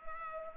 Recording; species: mosquito wingbeat signal from an infrared sensor; Culex pipiens